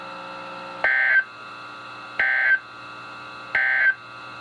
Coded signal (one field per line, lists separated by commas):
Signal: Emergency Alert System (SAME) tones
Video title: EAS #244-#266: Spot the Difference | KHB36, WNG736, KEC83, & WXM42